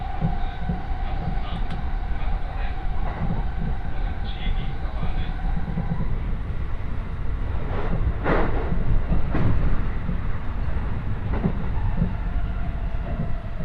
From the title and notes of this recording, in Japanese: 耳で楽しむ鉄道旅 湖西線 小野→おごと温泉→蓬莱。モーター音が全く違うのがよく分かりますし、高架を走っているので踏切の音がないのも分かると思います。